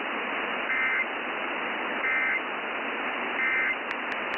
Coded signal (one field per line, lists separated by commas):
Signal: Emergency Alert System (SAME) tones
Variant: end-of-message bursts